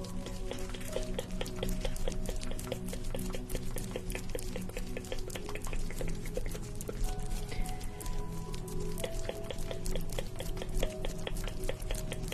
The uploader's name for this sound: the sounds of having your facial treatment, with steam, cream, and massage